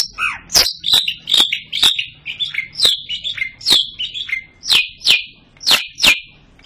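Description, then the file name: Long-tailed shrike song: a series of short, sharp downslurred whistles mixed with sharp clicks. "cendet samohong"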